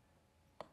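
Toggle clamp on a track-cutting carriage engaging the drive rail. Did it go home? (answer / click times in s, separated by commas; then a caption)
yes / 0.6 s. A toggle clamp on a track-cutting carriage, the cutting bug, is pushed closed so the drive gear engages against the side of the drive rail. After quiet low background noise, a single sharp click sounds at 0.6 s. The clamp seats in place.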